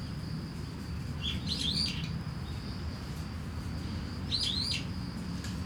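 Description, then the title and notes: Starling singing two short bursts of quick, twittering, sliding notes about three seconds apart, over a thin continuous insect-like tone and low traffic rumble. Singing in a tree in Kiyosumi garden, Tokyo, Japan, with crickets and cars; binaural recording with DPA 4060 microphones and a Deity PR-2. "Kiyosumi garden, Tokyo, Japon - Starling in a tree. Starling singing in a tree, crickets, cars, helicopter, people passing by. Un étourneau chante dans un arbre"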